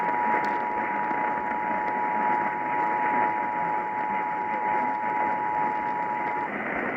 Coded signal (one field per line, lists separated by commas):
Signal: Emergency Alert System (SAME) tones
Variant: 853 and 960 Hz attention tone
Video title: Massachusetts EAS Required Monthly Test (June 2, 2020)